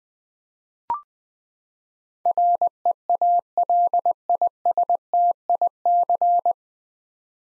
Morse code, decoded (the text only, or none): REALISTIC